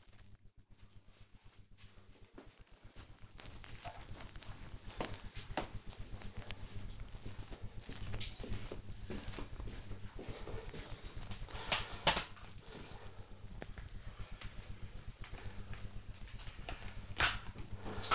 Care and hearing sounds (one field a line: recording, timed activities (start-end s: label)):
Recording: household activities, microphone on the right wrist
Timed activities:
10.74-18.15 s: floor cleaning